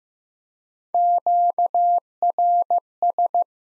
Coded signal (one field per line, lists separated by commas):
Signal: Morse code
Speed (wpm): 15 wpm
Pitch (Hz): 700 Hz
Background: none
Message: QRS